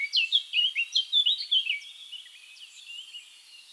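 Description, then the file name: Eurasian blackcap song: a quick run of loud, fluting whistled notes over about two seconds, trailing off into soft scratchy twitters. "Sylvia atricapilla"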